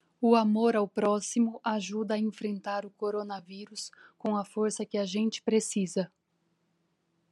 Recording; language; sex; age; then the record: spoken sentence; Brazilian Portuguese; female; 40 to 49 years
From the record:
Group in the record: control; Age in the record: 41 years